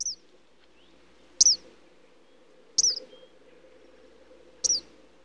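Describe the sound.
Eastern kingbird giving sharp, high, stuttering call notes, roughly a second and a half apart, the first cut off at the start, over a faint low hum.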